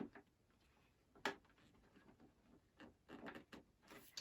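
On an LS2 Challenger helmet, a plastic sunshield is lined up against the slot of the carrier on the second side, with the carrier in the down position, and pressed to seat it. Short plastic taps and scrapes are heard, with the sharpest knock at about 1.3 s, a cluster of rubbing contacts around 3.1–3.5 s and another tap near 4.2 s. The shield fails to go in because it is not lined up, and nothing has seated or clicked yet.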